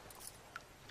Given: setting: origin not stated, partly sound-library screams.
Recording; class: one-second piece from a danger detection set; normal situation